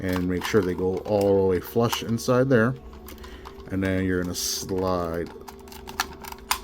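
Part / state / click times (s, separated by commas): plastic zord body section into the combined toy robot / seated / 6.0 s, 6.5 s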